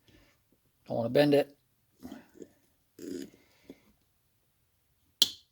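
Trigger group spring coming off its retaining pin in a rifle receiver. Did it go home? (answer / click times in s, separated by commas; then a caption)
released / 5.2 s. Someone talks while working a pin out of the lower assembly of a Squires Bingham Armscor M1600 (M16) .22 rifle with pliers, keeping a thumb over the trigger group spring. At 5.2 s a sharp click sounds as the spring snaps clear of the end of its retaining pin in the receiver, and the spring is released.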